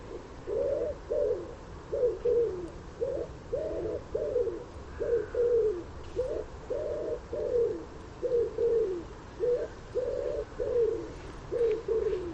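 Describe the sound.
Common wood pigeon giving soft, husky low coos in repeated phrases, the rhythm cycling steadily through the whole stretch.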